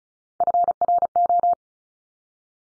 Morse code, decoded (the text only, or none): FRO